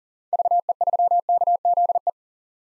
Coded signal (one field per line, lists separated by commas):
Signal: Morse code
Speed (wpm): 40 wpm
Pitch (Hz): 700 Hz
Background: none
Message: VE3KZE